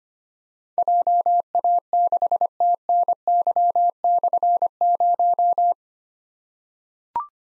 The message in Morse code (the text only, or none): JA6TNY/0